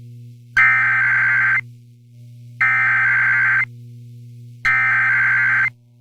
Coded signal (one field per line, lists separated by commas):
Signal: Emergency Alert System (SAME) tones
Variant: header bursts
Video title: Thanksgiving Day Weekly Tests (EAS #23518-23519) 11/28/24